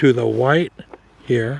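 A waterproof adapter for an OKM EXP 5500 detector unit is being lined up white to white, with someone talking over faint handling noises. It is an adapter that pushes in and locks with a turn, but nothing has seated or clicked yet in this clip.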